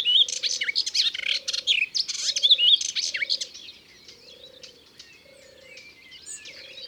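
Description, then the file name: Melodious warbler song in a brisk burst of varied twittering notes lasting a few seconds, then quiet with faint high calls while a low hum repeats steadily. Recorded in Ardèche. "Hypolais-Polyglotte Ardeche"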